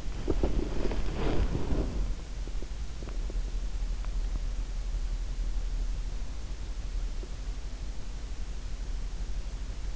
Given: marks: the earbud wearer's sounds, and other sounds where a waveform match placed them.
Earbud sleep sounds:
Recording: sounds in sleep by an in-ear microphone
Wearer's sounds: body movement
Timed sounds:
0.00-2.46 s: body movement

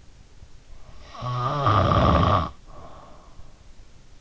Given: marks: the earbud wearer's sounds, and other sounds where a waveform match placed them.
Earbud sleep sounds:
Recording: sounds in sleep by an in-ear microphone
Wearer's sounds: snoring breath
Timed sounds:
0.88-3.58 s: snoring breath

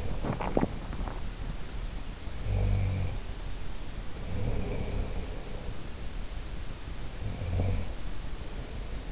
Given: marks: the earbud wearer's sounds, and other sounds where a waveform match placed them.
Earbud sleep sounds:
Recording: sounds in sleep by an in-ear microphone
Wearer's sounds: swallowing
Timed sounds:
0.14-1.04 s: swallowing
2.33-5.73 s: sound from someone else or the room
7.10-9.11 s: sound from someone else or the room

